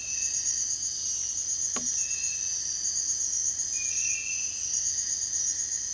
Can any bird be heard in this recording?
no